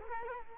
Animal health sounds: mosquito wingbeat signal from an infrared sensor; Culex quinquefasciatus

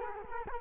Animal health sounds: mosquito wingbeat signal from an infrared sensor; Culex quinquefasciatus

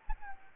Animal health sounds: mosquito wingbeat signal from an infrared sensor; Anopheles arabiensis

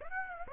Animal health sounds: mosquito wingbeat signal from an infrared sensor; Aedes aegypti

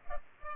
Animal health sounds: mosquito wingbeat signal from an infrared sensor; Culex pipiens

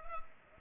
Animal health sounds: mosquito wingbeat signal from an infrared sensor; Culex pipiens

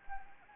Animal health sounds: mosquito wingbeat signal from an infrared sensor; Anopheles arabiensis

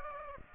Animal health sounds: mosquito wingbeat signal from an infrared sensor; Aedes aegypti

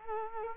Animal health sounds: mosquito wingbeat signal from an infrared sensor; Culex quinquefasciatus

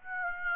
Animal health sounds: mosquito wingbeat signal from an infrared sensor; Aedes aegypti

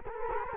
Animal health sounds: mosquito wingbeat signal from an infrared sensor; Culex quinquefasciatus

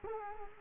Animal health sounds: mosquito wingbeat signal from an infrared sensor; Culex quinquefasciatus

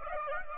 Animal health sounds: mosquito wingbeat signal from an infrared sensor; Aedes aegypti

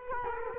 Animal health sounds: mosquito wingbeat signal from an infrared sensor; Culex quinquefasciatus

